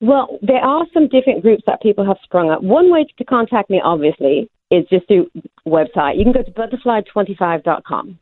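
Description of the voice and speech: An adult American woman speaks fluently over a phone line in a lilting, sing-song melody with clipped, glottalised consonants that give a British accent, present since May 2015. This is foreign accent syndrome, an acquired speech impediment in which a native speaker sounds foreign, linked to hemiplegic migraines or brain trauma; the accent grows thicker or lighter with her migraines.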